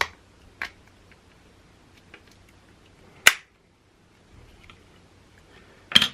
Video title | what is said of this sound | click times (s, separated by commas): Fuse replacement lenses and review | and work your way around the lens as you hear it popping in as you go. | 0.0 s, 0.6 s, 3.3 s, 6.0 s